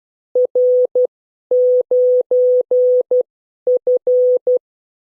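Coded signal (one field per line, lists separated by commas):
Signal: Morse code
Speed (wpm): 12 wpm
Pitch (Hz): 500 Hz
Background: none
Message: R9F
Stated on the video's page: Morse code class recording.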